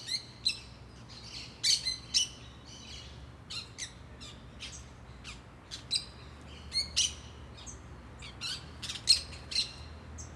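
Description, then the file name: Parakeet calling in sharp, scratchy screeches, short bursts repeated irregularly every second or two with brief overlapping chatter between them. Several parakeets, clearly heard, in a residential block in Brasília. "Periquitos Verdes Muito Marcados em Quadra Residencial de Brasilia"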